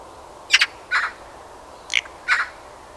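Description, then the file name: Eurasian magpie short harsh calls, four rasping notes in two pairs, each a sharp clipped note followed by a lower grating one. "Pica pica"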